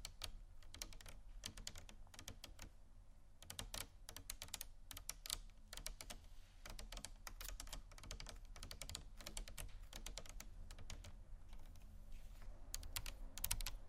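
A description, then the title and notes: Gentle tapping in quick, uneven bursts, sounding much like fingers on a keyboard, with crisp clicks that cluster densely and then briefly thin out, as around the third second. A steady low hum runs underneath throughout, and the tapping grows slightly louder toward the end. ASMR Gentle Tapping Assortment (No Talking).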